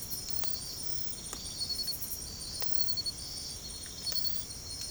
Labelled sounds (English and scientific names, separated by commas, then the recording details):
none
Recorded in secondary vegetation near Puerto Asís, Putumayo, Colombia, on 22 December 2024 at 04:00
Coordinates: 0.468, -76.324
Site G095